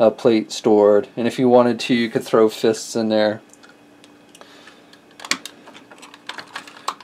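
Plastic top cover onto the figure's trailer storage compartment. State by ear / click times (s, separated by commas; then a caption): seated / 5.3 s. Someone talks for the first few seconds, then the popped-open plastic top cover is pressed down onto the trailer storage compartment of a Transformers Masterpiece MP-22 Ultra Magnus toy figure. It clicks shut at 5.3 s, followed by a few lighter plastic taps and clicks as it settles into place.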